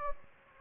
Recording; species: mosquito wingbeat signal from an infrared sensor; Anopheles gambiae